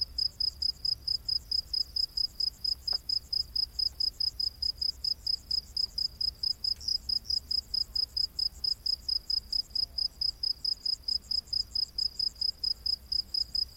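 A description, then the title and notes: Crickets chirp in a fast, even pulse throughout, a high shrill trill repeating several times per second without a break. A second, fainter high buzz runs above it, and a low steady rumble sits underneath, with a couple of brief clicks near three and seven seconds. Crickets of the Rainforest | Exotic Insect Orchestra. In the heart of the world's lush rainforests, where towering trees create a verdant canopy and the air is thick with humidity, a mesmerizing symphony unfolds every night.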